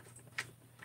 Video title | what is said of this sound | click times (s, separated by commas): Finishing A 394 With Special Guest! | And then you just literally go like this. Pop, and it clicks right in. | 0.4 s